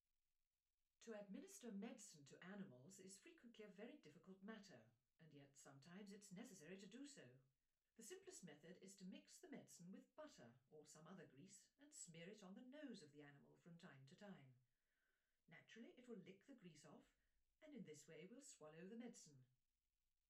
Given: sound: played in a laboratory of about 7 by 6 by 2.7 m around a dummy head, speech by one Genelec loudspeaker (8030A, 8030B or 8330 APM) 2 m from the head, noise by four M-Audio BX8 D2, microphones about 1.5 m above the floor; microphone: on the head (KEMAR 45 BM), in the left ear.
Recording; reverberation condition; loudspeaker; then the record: female speech in English; low; 90 degrees to the right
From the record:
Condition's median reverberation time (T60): about 310 ms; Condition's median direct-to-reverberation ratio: about 3.5 dB